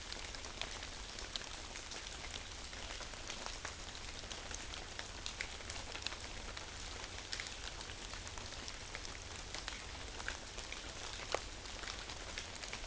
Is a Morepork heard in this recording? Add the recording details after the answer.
no. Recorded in New Zealand on 11 September 2013. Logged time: 02:19. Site Ponui